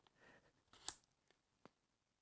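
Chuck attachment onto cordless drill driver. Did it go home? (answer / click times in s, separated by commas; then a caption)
yes / 0.9 s. A quick-change chuck attachment is pushed onto the body of a Bosch FlexiClick 5-in-1 cordless drill driver until it locks. Soft handling rustle builds into a sharp, bright click at 0.9 s, followed by a faint tick at 1.3 s and a small knock at 1.7 s. The attachment is seated and locked in.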